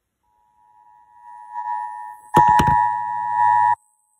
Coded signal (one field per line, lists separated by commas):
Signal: Emergency Alert System (SAME) tones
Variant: 853 and 960 Hz attention tone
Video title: WDRC FM 102.9 EAS Tornado Warning for Windham CT and Providence RI counties 11-13-2021 5:10 PM